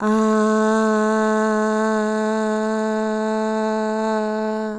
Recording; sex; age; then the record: sustained vowel /a/; female; 40 to 49 years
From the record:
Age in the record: 49 years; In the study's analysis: included